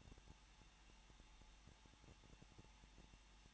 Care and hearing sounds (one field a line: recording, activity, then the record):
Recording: daily activity, microphone in the room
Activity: no activity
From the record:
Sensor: 1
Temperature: 20.1 degrees Celsius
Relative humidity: 39.4%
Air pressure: 1006.4 hPa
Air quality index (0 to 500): 219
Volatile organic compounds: 81 ppm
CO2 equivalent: 3615 ppm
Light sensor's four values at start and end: 1/2/1/1 and 1/2/1/1